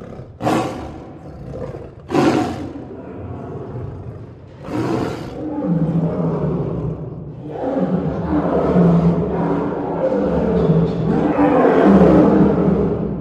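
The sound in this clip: Tiger giving three sharp roaring bursts, then a long, rumbling growl that swells and grows louder toward the end.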